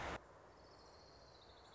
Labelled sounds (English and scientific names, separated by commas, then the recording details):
Orange-crowned Warbler (Leiothlypis celata)
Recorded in Sonoma County, California